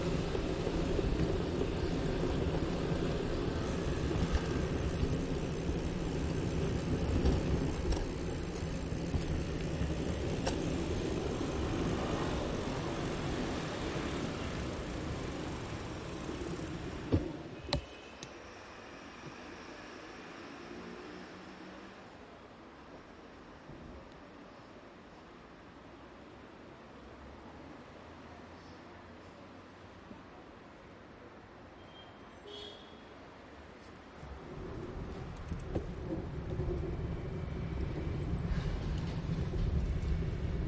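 Riding a bicycle through central Bogotá, with a dense, steady roar of traffic filling the first seventeen seconds. A sharp clack near seventeen seconds cuts it off, leaving a quieter, thinner stretch with faint passing sounds. Around thirty-five seconds the rumbling traffic swells back.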